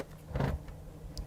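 A detachable accessory is fitted back onto the two-prong mount of an MPG 271QR QD-OLED X50 monitor and pivoted into place. A low scraping, shifting sound around 0.4 s is followed by a single sharp, bright click at 1.2 s as the accessory seats.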